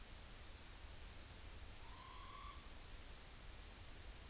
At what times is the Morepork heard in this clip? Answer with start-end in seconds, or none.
1.74-2.71